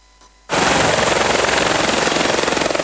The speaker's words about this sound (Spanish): Bueno, ahí el sonido esperanzador de las aspas del helicóptero.